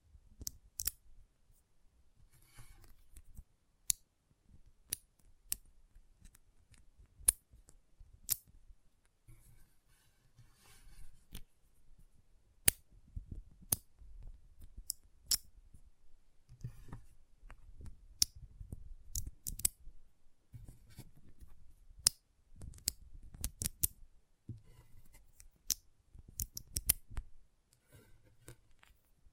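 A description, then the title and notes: Magnetic tingles come as sharp, irregular clicks and snips scattered throughout, over a soft low rumble that swells and fades between them. ASMR Intense Magnetic Tingles (No Talking).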